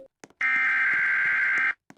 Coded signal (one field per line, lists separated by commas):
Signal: Emergency Alert System (SAME) tones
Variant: header bursts